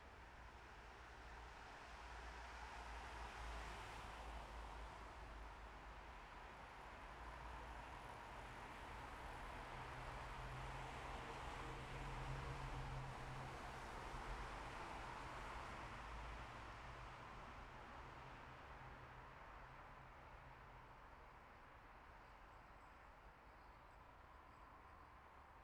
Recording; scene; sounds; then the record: everyday scene through a hearing-aid microphone; in traffic; traffic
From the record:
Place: bus stop on a city main road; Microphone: behind the ear, left, rear